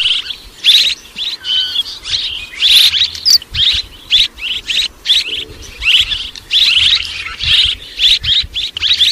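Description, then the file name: Swallow twittering: a run of scratchy chirps in close bursts, continuing steadily with short pauses. "Tieng en nguc ran en vang"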